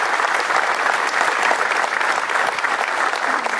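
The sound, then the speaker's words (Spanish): Sustained audience applause at a tribute to Juan Carlos Nesprías, given for the group's treasurer: a dense steady patter of many hands clapping at an even loudness throughout, with no voices standing out. “Y yo quisiera, por favor, si le pueden regalar un aplauso, porque está en su casa mirando seguramente a través de Facebook y algo.”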